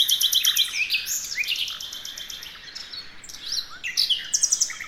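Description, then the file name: Common nightingale singing rich varied phrases: fast repeated notes, upswept whistles and a trill, with a brief pause mid-way before the song resumes. "Luscinia megarhynchos"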